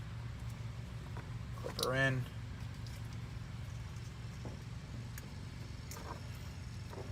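The harness connector of a Vector Tuning Chip Box tuning module is slid on and clipped toward the intake manifold sensor of a 2021 Porsche Macan GTS 2.9L while someone talks. A few brief, sharp handling sounds are heard over a steady low hum. Nothing has seated or clicked yet.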